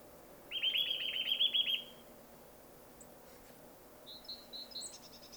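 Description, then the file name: Eurasian nuthatch trilling: one quick run of piping notes lasting over a second, followed later by a few faint, higher whistled notes. "Sitta europaea"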